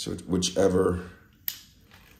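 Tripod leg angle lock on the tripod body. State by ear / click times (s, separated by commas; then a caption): seated / 1.5 s. Someone talks while a Benro tripod leg is set to the chosen spread width, and the leg's angle lock on the tripod body engages with a single sharp click at 1.5 s. The leg is locked in place.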